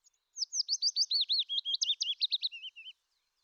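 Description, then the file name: Willow warbler song, a single liquid phrase of rapid whistled notes gently sliding down the scale over about two and a half seconds, ending in soft slurred notes. "fitis"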